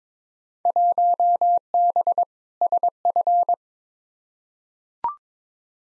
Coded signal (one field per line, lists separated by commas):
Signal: Morse code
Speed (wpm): 22 wpm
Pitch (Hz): 700 Hz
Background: none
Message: 1B SF